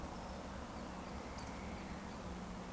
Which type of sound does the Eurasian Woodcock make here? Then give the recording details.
whistle. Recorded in Baden-Württemberg, Germany, on 13 June 2020 at 19:59 UTC. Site 14569, 102 m above sea level